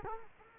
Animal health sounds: mosquito wingbeat signal from an infrared sensor; Culex quinquefasciatus

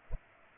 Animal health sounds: mosquito wingbeat signal from an infrared sensor; Culex pipiens

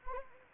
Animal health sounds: mosquito wingbeat signal from an infrared sensor; Anopheles arabiensis

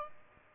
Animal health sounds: mosquito wingbeat signal from an infrared sensor; Aedes albopictus

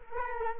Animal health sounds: mosquito wingbeat signal from an infrared sensor; Culex quinquefasciatus

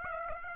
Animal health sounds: mosquito wingbeat signal from an infrared sensor; Aedes aegypti

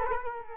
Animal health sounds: mosquito wingbeat signal from an infrared sensor; Culex quinquefasciatus

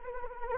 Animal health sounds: mosquito wingbeat signal from an infrared sensor; Anopheles arabiensis

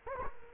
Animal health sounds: mosquito wingbeat signal from an infrared sensor; Culex quinquefasciatus

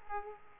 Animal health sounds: mosquito wingbeat signal from an infrared sensor; Aedes aegypti

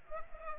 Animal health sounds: mosquito wingbeat signal from an infrared sensor; Culex pipiens

